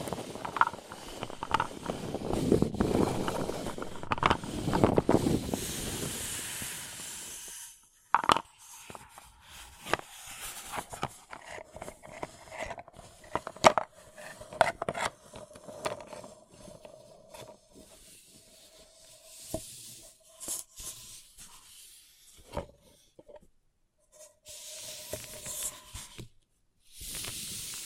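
A paper cup is rubbed and handled. For the first seven seconds it makes a dense, low, rumbling crinkle. After a short silence come sparse dry taps and scratches, with a faint high hiss and soft tones in between, before another brief gap near the end.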